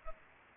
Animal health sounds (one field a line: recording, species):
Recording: mosquito wingbeat signal from an infrared sensor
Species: Culex pipiens